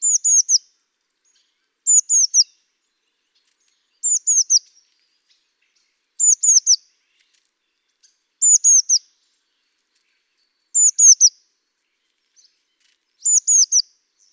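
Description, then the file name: Eurasian blue tit calls: very high, thin, downslurred notes in quick groups of three or four, repeated about every two seconds, seven groups in all, nothing else heard. "Cyanistes caeruleus"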